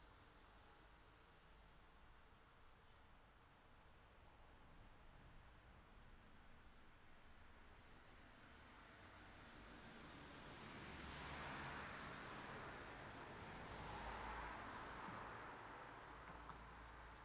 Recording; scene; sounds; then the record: everyday scene through a hearing-aid microphone; in traffic; traffic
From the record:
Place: city secondary road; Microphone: in the ear canal, left